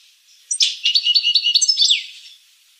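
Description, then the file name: Finch song: a quick jumble of high chirps and short trills lasting about one and a half seconds, ending in a falling slur. "sing finch mouth lor"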